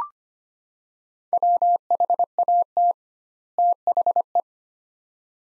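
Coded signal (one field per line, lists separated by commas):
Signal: Morse code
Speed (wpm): 25 wpm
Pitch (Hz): 700 Hz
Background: none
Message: WHAT THE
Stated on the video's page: Morse practice: sets of two words at 25 wpm with 2x word spacing, similar to Farnsworth spacing.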